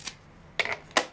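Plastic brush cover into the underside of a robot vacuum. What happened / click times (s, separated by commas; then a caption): The plastic cover snapped into place / 0.6 s, 1.0 s. After cleaning, the plastic brush cover is pressed back onto the underside of an upside-down Xiaomi Robot Vacuum X20+. A faint tap comes first, then two sharp plastic snaps at 0.6 s and 1.0 s. The cover clicks into place and is seated.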